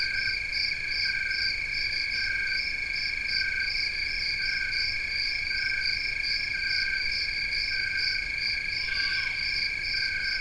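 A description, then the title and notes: Several crickets chirp at once in steady, overlapping layers: a continuous high trill, a rapid pulsing buzz above it, and a lower line that pulses in regular short bursts. The chorus stays even throughout, with a faint low rumble beneath and a brief extra call near nine seconds. 4:00-4:30 am. Maybe three separate species of crickets? Maybe Gryllus integer (Western trilling cricket), Gryllus pennsylvanicus (fall field cricket), and some kind of Oecanthus (tree cricket)?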